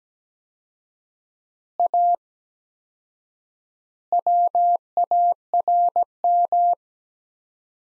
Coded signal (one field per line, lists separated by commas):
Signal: Morse code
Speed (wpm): 17 wpm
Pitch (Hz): 700 Hz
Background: none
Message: A WARM